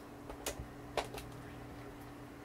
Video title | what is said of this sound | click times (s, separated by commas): Nikon D3100 DSLR Basic beginner tutorial training Part 1 | then twisty here and click ok | 0.5 s